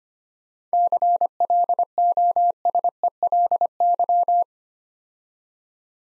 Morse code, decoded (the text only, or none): CLOSELY